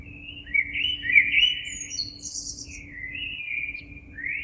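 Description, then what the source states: Common blackbird song: a mellow warbled phrase, then a high squeaky twitter and a second fluted phrase, over a faint steady low hum. Recorded 26 April 2022.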